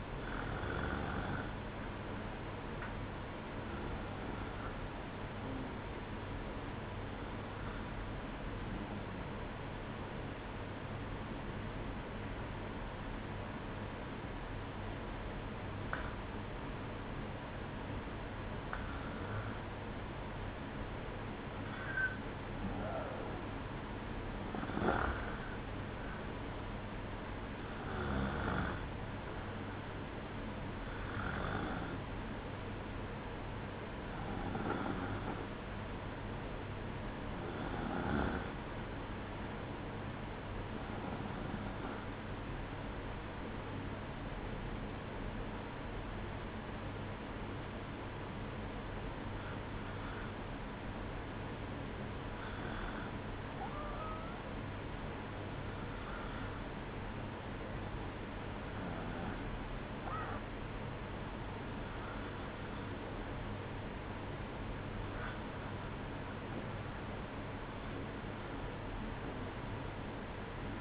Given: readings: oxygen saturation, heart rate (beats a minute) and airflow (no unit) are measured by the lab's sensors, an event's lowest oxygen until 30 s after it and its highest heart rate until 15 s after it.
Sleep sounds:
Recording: breathing in sleep by a voice recorder at the bedside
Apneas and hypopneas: 1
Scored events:
8.00-20.70 s: obstructive apnea (REM, oxygen 95% highest, then 94% lowest, heart rate 62 at the start, 65 highest)
From the record:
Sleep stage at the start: REM sleep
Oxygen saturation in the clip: 94 to 95%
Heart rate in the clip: 60 to 65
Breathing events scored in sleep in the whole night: 305 in 9.6 hours asleep

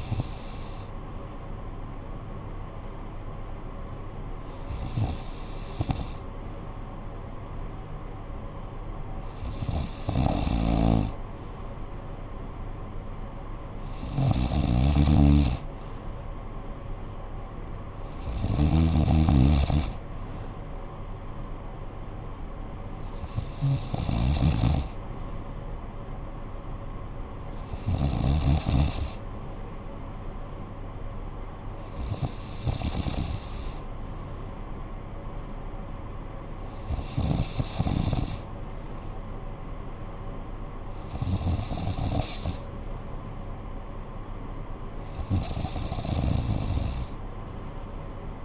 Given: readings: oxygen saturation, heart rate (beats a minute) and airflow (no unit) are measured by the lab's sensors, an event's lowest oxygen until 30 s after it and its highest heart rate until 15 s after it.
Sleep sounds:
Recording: breathing in sleep by a smartphone at the bedside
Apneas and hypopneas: none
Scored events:
none scored
From the record:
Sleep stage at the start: N2 (light sleep)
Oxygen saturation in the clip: 93 to 95%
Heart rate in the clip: 55 to 61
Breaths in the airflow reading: 11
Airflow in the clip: -9.0 to 5.6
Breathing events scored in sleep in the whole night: 445 in 7.6 hours asleep

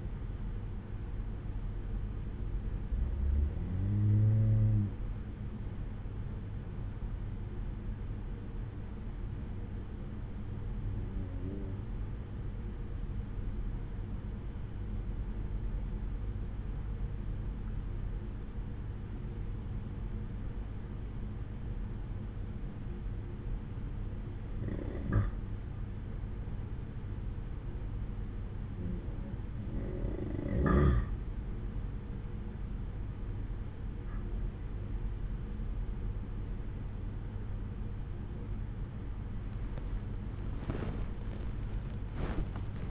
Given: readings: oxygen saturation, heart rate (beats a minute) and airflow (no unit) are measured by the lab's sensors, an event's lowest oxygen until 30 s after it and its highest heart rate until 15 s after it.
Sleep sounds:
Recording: breathing in sleep by a smartphone at the bedside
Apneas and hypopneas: 1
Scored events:
6.00-38.20 s: hypopnea (N2, oxygen 96% highest, then 92% lowest)
From the record:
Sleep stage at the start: N2 (light sleep)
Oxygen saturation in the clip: 92 to 96%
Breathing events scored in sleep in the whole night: 187 in 7.2 hours asleep

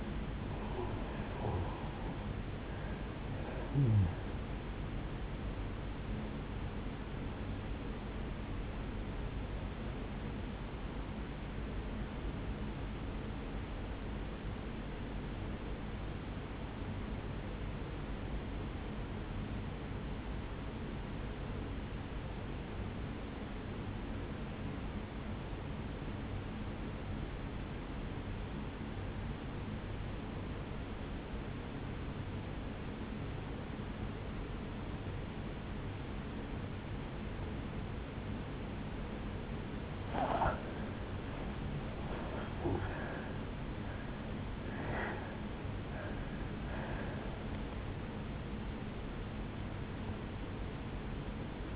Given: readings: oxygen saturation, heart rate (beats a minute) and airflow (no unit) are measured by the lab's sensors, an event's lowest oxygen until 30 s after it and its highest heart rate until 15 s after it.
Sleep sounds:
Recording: breathing in sleep by a voice recorder at the bedside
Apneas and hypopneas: 1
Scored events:
10.00-40.10 s: obstructive apnea (N2, oxygen 97% highest, then 85% lowest, heart rate 59 at the start, 76 highest)
39.00-51.76 s: new sleep stage, N1 (lightest sleep)
From the record:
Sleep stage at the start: N2 (light sleep)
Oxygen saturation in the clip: 82 to 97%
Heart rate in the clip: 55 to 77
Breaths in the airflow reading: 5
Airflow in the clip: -10.7 to 10.0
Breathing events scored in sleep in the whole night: 449 in 7.0 hours asleep

